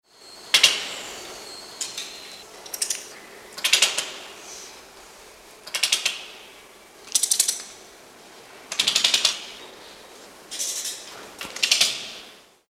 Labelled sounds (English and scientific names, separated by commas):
De Brazza's Guenon (Cercopithecus neglectus)